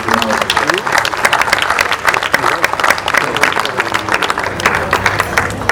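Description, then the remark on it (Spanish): An audience breaks into sustained applause in tribute to dead and disappeared comrades, a dense, steady patter of many hands clapping for several seconds at a fairly loud, even level, with some crowd murmur mixed in. “Así que le pido por favor un aplauso, porque hay un minuto de silencio enorme.”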